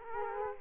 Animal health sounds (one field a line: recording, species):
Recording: mosquito wingbeat signal from an infrared sensor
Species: Culex quinquefasciatus